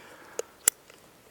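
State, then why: Seated. An Ethernet cable plug is pushed into the port on a FLASHOWL AC600 outdoor wifi repeater. A softer tick at 0.4 s comes first, then a sharp, bright snap at 0.7 s as the plug locks in and seats, followed by a faint tick near 0.9 s against a quiet background.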